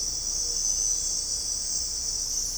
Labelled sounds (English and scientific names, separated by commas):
none